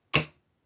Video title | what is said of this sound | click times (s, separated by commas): Cheap "Access Control" System - Defeated with a screwdriver! | release the button you'll hear it click back on there | 0.1 s